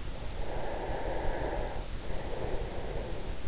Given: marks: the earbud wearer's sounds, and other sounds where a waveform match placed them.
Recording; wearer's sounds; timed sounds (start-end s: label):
sounds in sleep by an in-ear microphone; breath
0.17-3.41 s: breath